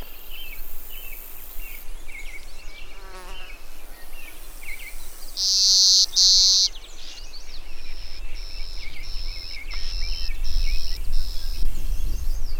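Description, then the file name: Clay-colored sparrow song: flat, insect-like buzzes, one long loud buzz followed by a steady series of shorter buzzy notes, over a low background rumble. "Clay-colored Sparrow - Spizella pallida"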